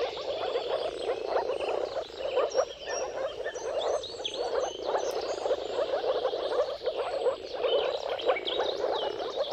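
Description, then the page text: Moor frog chorus of soft, muffled croaks overlapping continuously, with whistled bird notes and chirps above. Mating chorus of moor frogs at sunrise, at the turn of March and April depending on weather. "Dawn’s Chorus: Mating Calls of Marsh Frogs at Sunrise. Depending on the weather at the turn of March and April, you can witness an amazing spectacle of moor frogs. Jakub Orzecki"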